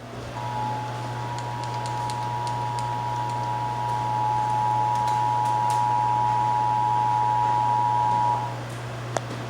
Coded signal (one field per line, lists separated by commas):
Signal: Emergency Alert System (SAME) tones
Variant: 853 and 960 Hz attention tone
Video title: (EAS #713-720) July 2024 Texas Required Monthly Test